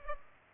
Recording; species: mosquito wingbeat signal from an infrared sensor; Culex pipiens